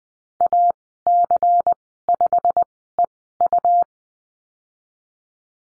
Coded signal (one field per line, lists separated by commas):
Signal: Morse code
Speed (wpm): 20 wpm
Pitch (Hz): 700 Hz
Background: none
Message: AC5EU